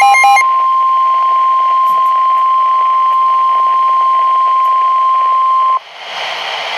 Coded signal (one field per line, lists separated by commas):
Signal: Emergency Alert System (SAME) tones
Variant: 1050 Hz attention tone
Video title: Special Marine Warning/Tornado Warning [EAS 194-196 || 2x Header] | NOAA Weather Radio (6/1/2012)